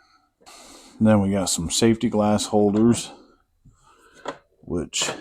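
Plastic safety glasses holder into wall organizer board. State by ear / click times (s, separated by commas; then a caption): not seated / none. A printed plastic safety-glasses holder is handled next to a plastic pegboard-style wall organizer panel it is meant to snap into. Someone talks over soft handling noises, with a brief sharp tick around 4.3 s. Nothing has seated or clicked yet.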